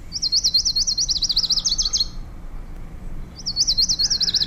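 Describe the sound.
Lucy's Warbler song: a bright, high trill of wavering notes that quickens into a faster, lower chatter at the end, then starts again after a short pause.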